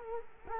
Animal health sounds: mosquito wingbeat signal from an infrared sensor; Culex quinquefasciatus

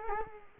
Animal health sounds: mosquito wingbeat signal from an infrared sensor; Culex quinquefasciatus

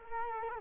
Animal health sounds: mosquito wingbeat signal from an infrared sensor; Culex quinquefasciatus

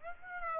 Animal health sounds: mosquito wingbeat signal from an infrared sensor; Aedes aegypti

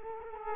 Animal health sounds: mosquito wingbeat signal from an infrared sensor; Culex quinquefasciatus

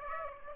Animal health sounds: mosquito wingbeat signal from an infrared sensor; Aedes aegypti

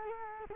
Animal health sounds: mosquito wingbeat signal from an infrared sensor; Culex quinquefasciatus

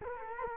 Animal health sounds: mosquito wingbeat signal from an infrared sensor; Culex quinquefasciatus

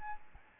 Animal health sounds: mosquito wingbeat signal from an infrared sensor; Aedes albopictus

